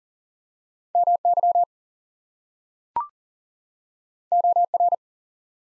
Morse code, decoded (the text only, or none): MY OR